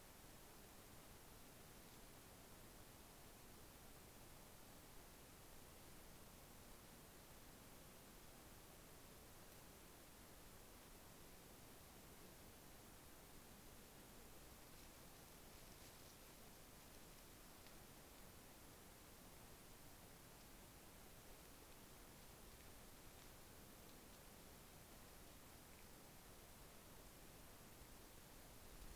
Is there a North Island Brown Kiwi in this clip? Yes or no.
no